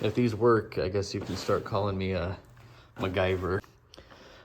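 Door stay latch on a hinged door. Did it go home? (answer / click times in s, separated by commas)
yes / 3.9 s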